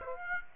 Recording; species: mosquito wingbeat signal from an infrared sensor; Aedes aegypti